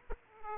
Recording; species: mosquito wingbeat signal from an infrared sensor; Aedes aegypti